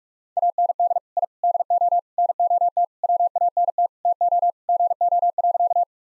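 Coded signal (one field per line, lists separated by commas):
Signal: Morse code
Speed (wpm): 48 wpm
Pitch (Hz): 700 Hz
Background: none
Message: AND I DO NOT WANT TO GO.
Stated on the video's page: Morse code practice at 45 wpm: sentences built from common five-word phrases, each sent, then spoken, then sent again.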